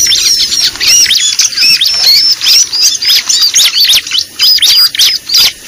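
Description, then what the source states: Lovebird calls: shrill high chirps and squeaks in quick, busy bursts. Lure recording used for attracting lovebirds (pikat).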